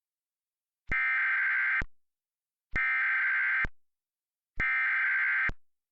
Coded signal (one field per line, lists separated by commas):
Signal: Emergency Alert System (SAME) tones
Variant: header bursts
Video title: wow just another TOR - EAS Recreation